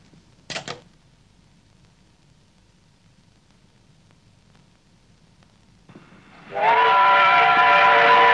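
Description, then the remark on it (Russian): A train arrives at a station: after a short sharp clatter and a long quiet stretch, a loud, sustained harmonic whistle blares and holds steady to the end, with no voices. “На станции прибывает поезд.”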